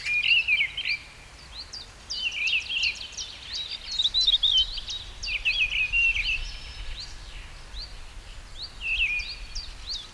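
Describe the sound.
Bird song in short bursts of rapid, sharply descending high notes mixed with trilled phrases, pausing between bursts over a low steady rumble.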